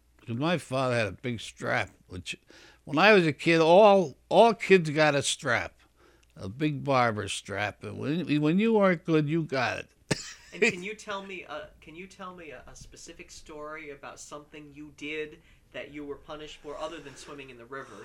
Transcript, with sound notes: because my father had a big strap which, when I was a kid all, all kids got a strap, a big barber strap, and when you weren't good you got it. (he laughs)
And can you tell me, can you tell me a specific story about something you did that you were punished for, other than swimming in the river.